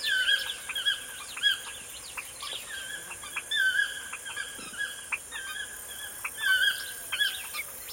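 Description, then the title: Bird chorus with repeated bright whistled phrases and sharp chirps from several singers, overlapping against a steady hiss. Morning birdsong in a forest. "Звуки птиц в лесу. Morning birdsong in the forest"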